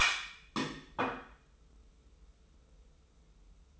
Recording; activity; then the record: daily activity, microphone in the room; place plate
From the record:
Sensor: 1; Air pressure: 994.4 hPa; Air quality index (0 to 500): 217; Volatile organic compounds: 1000 ppm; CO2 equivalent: 7755 ppm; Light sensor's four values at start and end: 60/132/59/63 and 60/132/59/63